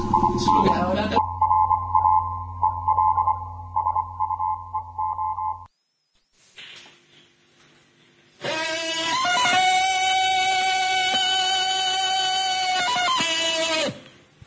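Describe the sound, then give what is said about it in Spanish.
Morse code beeping: a steady mid-high tone broken into short and longer pulses for several seconds, then a pause and a louder, sustained harmonic sound with voices. “Morsoño, talleres de Morse en el coño.”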